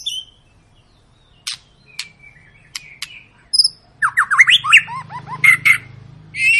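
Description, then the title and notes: White-rumped shama song: a few isolated sharp clicks and short whistles, then a quick rush of looping, rising slurred notes over a low hum. Lure song (pancingan) meant to make birds sing; long, gacor-style singing. "Pancingan Murai Batu Gacor Panjang. muraiku"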